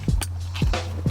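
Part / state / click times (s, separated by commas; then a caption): steering wheel wiring connector into clock spring plug / seated / 0.2 s. A carbon fiber steering wheel's wiring connector is pushed into the clock spring plug and snaps home with a sharp click at 0.2 s. Softer knocks follow around 0.6 s and 0.7 s over a steady low hum, and the connector is seated.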